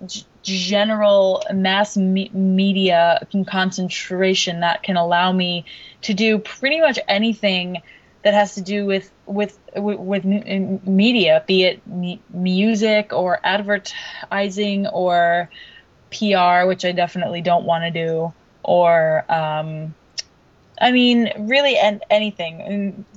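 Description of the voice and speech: Young adult woman who stutters speaking with whole-word repetitions ("with, with, with"), stretched sounds and filled pauses, typical of stuttering.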